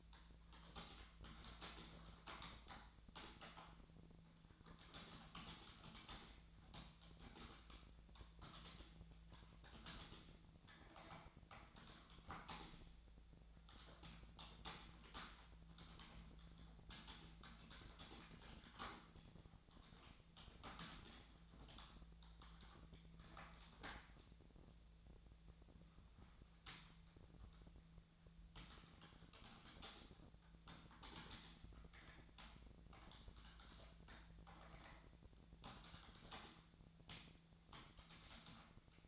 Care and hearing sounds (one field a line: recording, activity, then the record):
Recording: daily activity, microphone in the room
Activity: typing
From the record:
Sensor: 3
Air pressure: 1000.2 hPa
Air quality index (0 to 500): 138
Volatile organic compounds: 2 ppm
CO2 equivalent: 1222 ppm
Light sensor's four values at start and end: 37/94/40/43 and 36/93/39/43